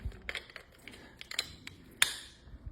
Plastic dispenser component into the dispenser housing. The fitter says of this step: Snaps in place.